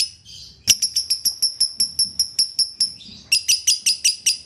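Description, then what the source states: Lovebird chirps: a brief soft chatter, then a steady run of loud, sharp high notes about five per second, a short pause, and another run. Lovebird in the 'konslet' song style, used as a masteran tutor for training other birds.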